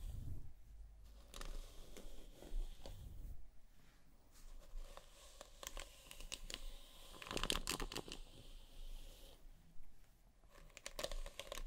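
Hair is brushed and a scalp massaged, giving soft crinkling and scratchy strokes that come in irregular bursts. The busiest, brightest stretch of rustling falls around seven to eight seconds, with quieter gaps near four and ten seconds and low thumps early on.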